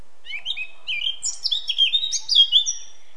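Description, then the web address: Eurasian blackcap song, a fluent, varied warble of clear whistled notes that climbs higher and grows louder toward the end, in quiet surroundings. "SETE data Sylvia atricapilla"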